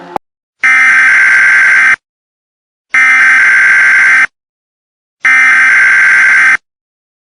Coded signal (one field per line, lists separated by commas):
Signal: Emergency Alert System (SAME) tones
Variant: header bursts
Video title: The Hottest Day Ever Recorded in History, an EAS Scenario